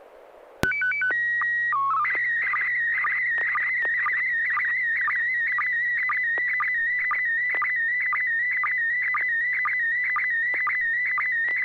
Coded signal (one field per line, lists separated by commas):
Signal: SSTV (slow-scan television)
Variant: PD 120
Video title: N6NA SSTV Net - 12/29/2021